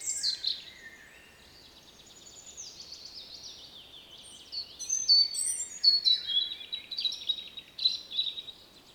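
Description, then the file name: European robin song: thin, high warbled phrases with sliding whistles and trills, then a louder, busier burst of sharp tinkling notes. "Erithacus rubecula"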